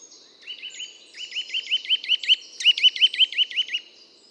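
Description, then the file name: Eurasian nuthatch calling in a few quick runs of whistled notes, a short run then two longer runs separated by brief gaps, over a soft background hiss. "Sitta europaea"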